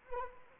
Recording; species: mosquito wingbeat signal from an infrared sensor; Anopheles arabiensis